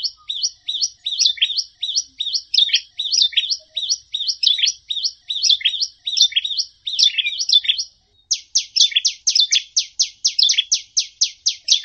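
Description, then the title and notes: Bar-winged prinia song: rapid, high chirping phrases repeated without pause, switching after eight seconds to a steady run of sharp, evenly spaced notes. Compilation of songs used as tutor recordings for training caged songbirds (masteran). "Kompilasi Suara Ciblek Prenjak Cocok Untuk Masteran. Kicau Burung Prenjak Ciblek"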